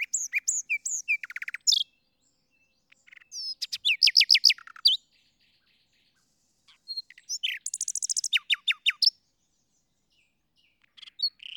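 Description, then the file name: Common nightingale singing varied bursts: rapid repeated clicks and sweeping notes, harsh rattling phrases and whistles separated by short pauses, nothing else audible. "Luscinia megarhynchos"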